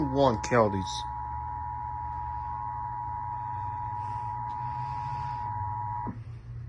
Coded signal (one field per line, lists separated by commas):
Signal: Emergency Alert System (SAME) tones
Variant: 853 and 960 Hz attention tone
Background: speech